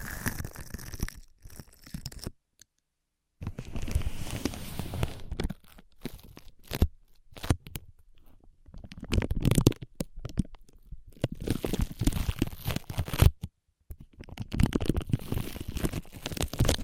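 Ear massage and cleaning sounds: dense bursts of crackling, crinkling rubbing with muffled low thumps, broken by short silences near 2.5 and 13.5 seconds. The scratchy friction comes in irregular waves, heavier around 9, 12 and 15 seconds.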